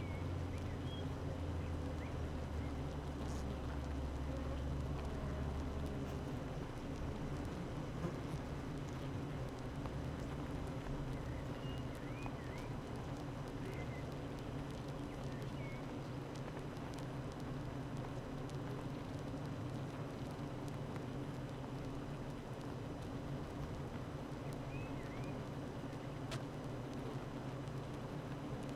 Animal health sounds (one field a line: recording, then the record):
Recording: honeybee colony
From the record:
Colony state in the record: active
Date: 12 June 2018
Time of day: 8:50